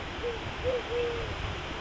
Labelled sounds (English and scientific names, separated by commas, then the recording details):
Eurasian Collared Dove (Streptopelia decaocto)
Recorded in Sonoma County, California